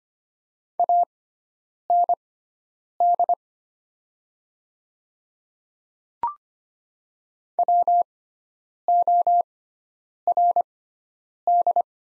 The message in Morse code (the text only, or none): AND WORD